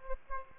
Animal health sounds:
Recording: mosquito wingbeat signal from an infrared sensor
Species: Aedes aegypti

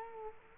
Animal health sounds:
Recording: mosquito wingbeat signal from an infrared sensor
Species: Culex quinquefasciatus

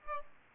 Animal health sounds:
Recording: mosquito wingbeat signal from an infrared sensor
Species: Aedes albopictus

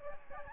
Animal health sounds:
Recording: mosquito wingbeat signal from an infrared sensor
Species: Aedes albopictus

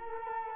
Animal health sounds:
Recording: mosquito wingbeat signal from an infrared sensor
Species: Culex quinquefasciatus

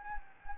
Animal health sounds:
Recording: mosquito wingbeat signal from an infrared sensor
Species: Anopheles gambiae

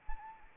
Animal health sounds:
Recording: mosquito wingbeat signal from an infrared sensor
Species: Anopheles arabiensis

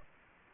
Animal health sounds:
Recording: mosquito wingbeat signal from an infrared sensor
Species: Anopheles gambiae

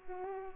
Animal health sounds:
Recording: mosquito wingbeat signal from an infrared sensor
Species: Culex pipiens

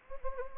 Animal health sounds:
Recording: mosquito wingbeat signal from an infrared sensor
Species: Anopheles gambiae

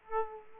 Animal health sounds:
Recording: mosquito wingbeat signal from an infrared sensor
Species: Aedes aegypti

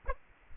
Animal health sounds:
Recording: mosquito wingbeat signal from an infrared sensor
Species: Aedes aegypti

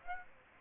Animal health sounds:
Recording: mosquito wingbeat signal from an infrared sensor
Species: Aedes aegypti

